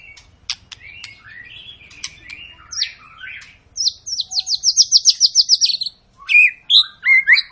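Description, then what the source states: White-rumped shama song: varied notes and warbling, then a rapid string of high repeated notes, then louder whistled phrases. Long lure song (pancingan) of an energetically singing (gacor) shama, used to prompt other birds to sing.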